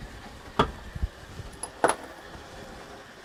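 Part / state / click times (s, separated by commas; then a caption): plastic model train body part onto chassis / partly seated / 1.8 s. A plastic model train body or shell part is pressed back onto its chassis. Sharp snaps are heard, with the main snap at 1.8 s, but the part is not fully seated, and it is unclear how much force to use.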